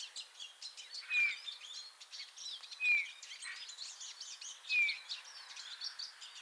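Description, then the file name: Eurasian bullfinch giving soft, short descending whistles, three in all, spaced nearly two seconds apart, over a busy twittering chorus of other small birds. "Pyrrhula pyrrhula"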